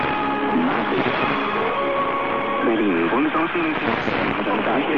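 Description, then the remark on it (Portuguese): Shortwave radio reception: a dense hiss of static with warbling, drifting tones and garbled voice-like fragments sweeping up and down, steady and fairly loud throughout. “Ok, com esse som maravilhoso aí das ondas curtas, a gente volta com você.”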